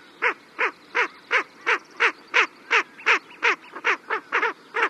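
Ring-necked duck calls: a steady series of short, harsh, nasal notes, nearly three per second, about fourteen in five seconds, with no other clear sounds.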